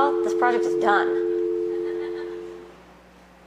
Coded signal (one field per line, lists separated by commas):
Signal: telephone call progress tone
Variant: North America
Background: speech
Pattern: dial tone